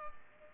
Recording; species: mosquito wingbeat signal from an infrared sensor; Culex pipiens